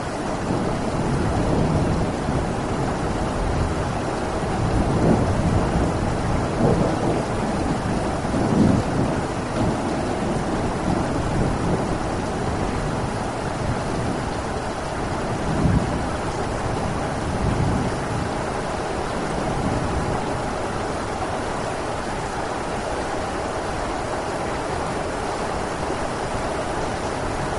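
Steady city rain hisses densely throughout, with a low rumbling undertone and brief swells around five, nine and sixteen seconds.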